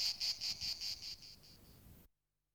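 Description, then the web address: Insect chirping, high rapid pulses that weaken and fade out after about two seconds, followed by silence. "animali insetti insect"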